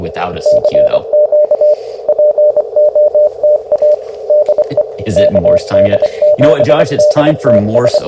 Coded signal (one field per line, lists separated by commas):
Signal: Morse code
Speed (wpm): 24 wpm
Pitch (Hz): 600 Hz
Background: speech, radio noise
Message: CQ POTA DE KD7DTS